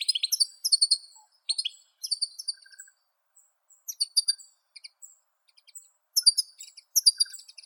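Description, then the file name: European goldfinch song in a sparse form: short clusters of high, tinkling chirps and twitters, separated by gaps. "Golosa ptic - CSHegol Carduelis carduelis"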